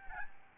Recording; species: mosquito wingbeat signal from an infrared sensor; Aedes albopictus